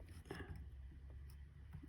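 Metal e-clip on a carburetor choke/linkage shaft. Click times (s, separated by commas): 0.3 s, 1.3 s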